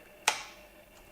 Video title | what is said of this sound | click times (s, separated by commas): VISUO XS809HW Starter Drone / Cheap and Built Tough | are now 100% good insert push hear the click that's | 0.3 s